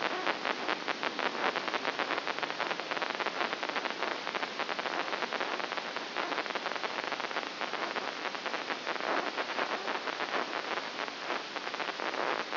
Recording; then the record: brain microelectrode recording played as sound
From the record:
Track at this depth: inside the subthalamic nucleus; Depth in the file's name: 2.603 mm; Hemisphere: right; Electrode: 2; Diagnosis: Parkinson's disease